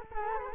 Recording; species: mosquito wingbeat signal from an infrared sensor; Culex quinquefasciatus